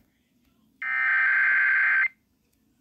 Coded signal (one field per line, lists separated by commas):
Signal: Emergency Alert System (SAME) tones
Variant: header bursts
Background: speech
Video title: EAS #24: RWT